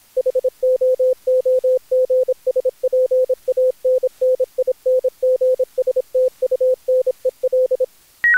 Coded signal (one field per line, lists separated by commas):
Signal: Morse code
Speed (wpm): 26 wpm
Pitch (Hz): 510 Hz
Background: none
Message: HOOGSPANNINGSTUNEL